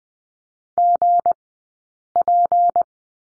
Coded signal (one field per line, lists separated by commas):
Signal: Morse code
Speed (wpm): 20 wpm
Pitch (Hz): 700 Hz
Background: none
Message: GP